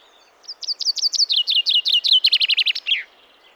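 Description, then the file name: Common chaffinch singing a rapid descending run of sharp notes that speeds up toward the end and closes with a brief downslurred flourish. "Fringilla coelebs"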